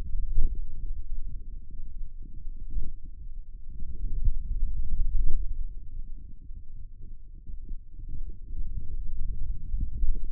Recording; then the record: forearm muscle sounds (acoustic myography)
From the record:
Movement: finger pinch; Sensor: system 2, bracelet of six BSWA MPA416 microphones around the upper forearm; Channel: 4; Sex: male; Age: 22 years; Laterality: right